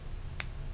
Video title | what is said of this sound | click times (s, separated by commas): How to install the ESS P-2B Rx Insert into ESS ICE Safety Glasses | so it snaps into the channel and you know that you've installed it correctly because it snaps right into place | 0.4 s